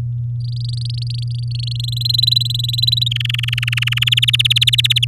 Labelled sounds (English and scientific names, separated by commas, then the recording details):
Domestic Canary (Serinus canaria) song
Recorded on 10 May 2018 at 16:46
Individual llb16